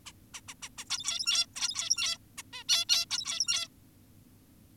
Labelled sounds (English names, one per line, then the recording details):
Zebra Finch
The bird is an adult
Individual g17y2U